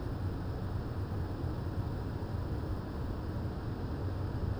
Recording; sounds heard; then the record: poultry house recording; no chicken sound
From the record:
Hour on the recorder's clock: 20